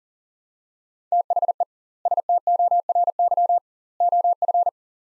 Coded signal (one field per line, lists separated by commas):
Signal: Morse code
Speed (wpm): 37 wpm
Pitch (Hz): 700 Hz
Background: none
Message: THE STORY OF